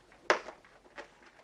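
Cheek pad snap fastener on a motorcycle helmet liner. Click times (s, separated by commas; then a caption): 0.3 s. Fingers are worked between the cheek pad backing and the EPS of an HJC RPHA Max modular motorcycle helmet to pull the cheek pad's press snap fasteners free from the liner. One sharp snap-release pop is heard at 0.3 s, followed by fainter rustling and a softer sound near 1.0 s. The cheek pad snaps are released.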